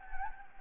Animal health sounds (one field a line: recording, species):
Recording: mosquito wingbeat signal from an infrared sensor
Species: Anopheles gambiae